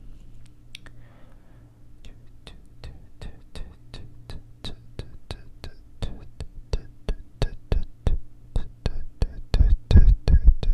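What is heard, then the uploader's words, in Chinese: Ear cleaning, with a steady run of sharp scratching clicks at a brisk, even pace of roughly three per second. The taps grow louder and denser toward the end. A low, constant hum sits underneath throughout. 掏耳 ASMR。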